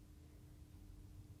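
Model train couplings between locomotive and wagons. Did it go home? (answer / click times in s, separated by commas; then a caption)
no / none. An N gauge locomotive from a Bachmann Western Rambler train set is backed slowly into its wagons so the plastic couplings between them can engage. Only a steady low hum with a faint constant tone is heard, with no sharp sounds. The couplings have not clicked together yet.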